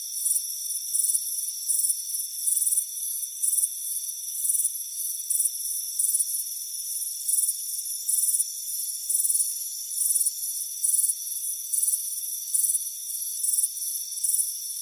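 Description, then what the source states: Continuous high cricket chirping, regular pulsed bursts roughly every second, over a steady shrill insect background. Crickets chirping on a warm afternoon on a front porch.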